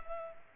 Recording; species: mosquito wingbeat signal from an infrared sensor; Culex pipiens